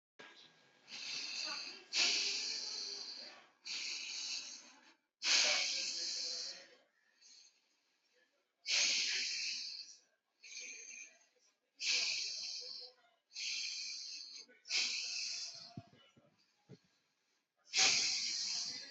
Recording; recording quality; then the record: shallow breathing; excellent, no background noise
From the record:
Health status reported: healthy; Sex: male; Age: 30 years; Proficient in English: yes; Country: India